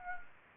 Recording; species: mosquito wingbeat signal from an infrared sensor; Anopheles gambiae